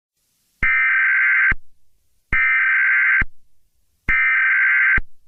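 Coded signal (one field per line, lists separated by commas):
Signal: Emergency Alert System (SAME) tones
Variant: header bursts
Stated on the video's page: Fictional alert tones for a simulated deadly computer virus scenario.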